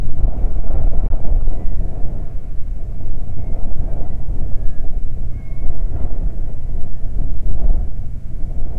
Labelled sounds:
bird, wind
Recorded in the Prudhoe Bay oil fields, Alaska, on 12 July 2019 at 00:02
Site 29

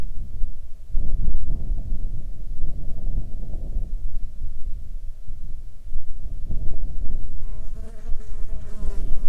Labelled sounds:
wind, insects
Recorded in the Arctic National Wildlife Refuge, Alaska, on 9 July 2019 at 19:58
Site 42

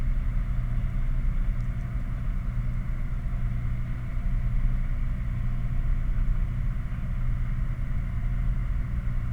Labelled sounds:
machinery, flare stack
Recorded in the Prudhoe Bay oil fields, Alaska, on 11 August 2019 at 21:20
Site 29

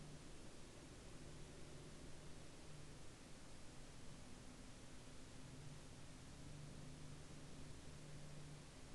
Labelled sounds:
bird, aircraft
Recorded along the Dalton Highway, Alaska, on 29 March 2019 at 11:42
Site 02

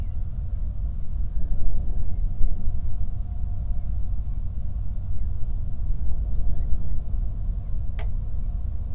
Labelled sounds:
bird, flare stack, wind
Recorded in the Prudhoe Bay oil fields, Alaska, on 8 July 2019 at 00:13
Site 25

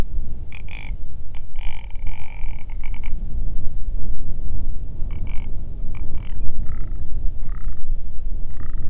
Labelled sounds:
grouse or ptarmigan, wind
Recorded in the Arctic National Wildlife Refuge, Alaska, on 8 June 2019 at 00:05
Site 40

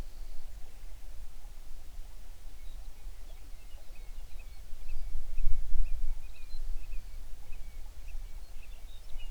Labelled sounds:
songbird
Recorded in the Prudhoe Bay oil fields, Alaska, on 11 June 2019 at 05:04
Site 21

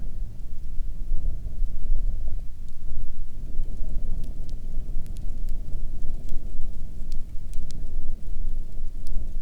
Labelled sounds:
aircraft
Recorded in the Prudhoe Bay oil fields, Alaska, on 20 May 2019 at 03:04
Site 11

